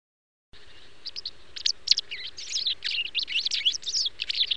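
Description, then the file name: White wagtail twittering: a dense run of quick, high chirps and slurred notes, growing busier toward the end, over steady low background noise. "barázdabillegető"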